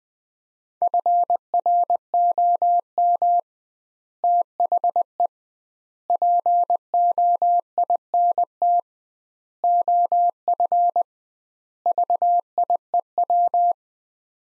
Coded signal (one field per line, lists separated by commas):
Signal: Morse code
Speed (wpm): 20 wpm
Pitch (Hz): 700 Hz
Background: none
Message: FROM THE POINT OF VIEW